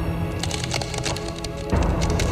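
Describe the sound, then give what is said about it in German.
A dense run of sharp cracking and crunching noises, irregular and fairly loud, like wood splintering, over a low rumbling bed that swells louder toward the end. “Knackige, knirschende Geräusche erklangen, als die Bruderschaft der Erneuerung erwachte.”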